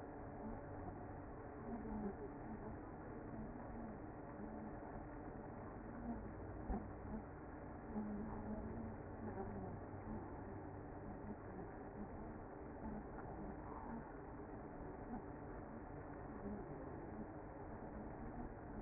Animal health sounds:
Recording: honeybee colony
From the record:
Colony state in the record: active

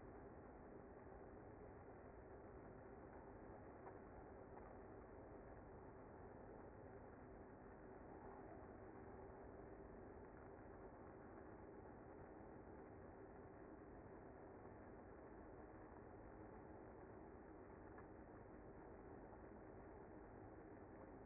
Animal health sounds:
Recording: honeybee colony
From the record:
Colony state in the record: active

